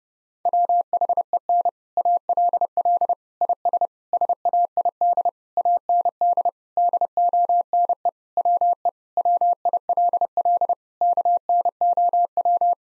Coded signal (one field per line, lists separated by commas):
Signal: Morse code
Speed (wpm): 30 wpm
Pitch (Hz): 700 Hz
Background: none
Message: WHEN ALL IS SAID AND DONE WE WILL KNOW